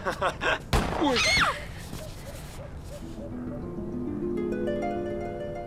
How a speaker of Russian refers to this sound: Вера стреляет зеленым в небо. На новом месте салют.